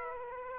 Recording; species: mosquito wingbeat signal from an infrared sensor; Aedes aegypti